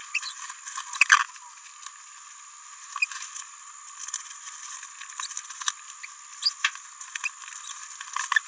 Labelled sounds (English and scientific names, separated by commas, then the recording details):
Green-rumped Parrotlet (Forpus passerinus) babbling
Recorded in a nest box in Venezuela
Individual 18B17A4